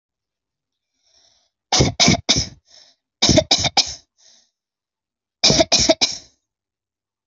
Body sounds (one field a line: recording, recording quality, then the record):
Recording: shallow voluntary cough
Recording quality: excellent, no background noise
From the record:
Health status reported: healthy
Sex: female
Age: 27 years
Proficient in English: yes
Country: India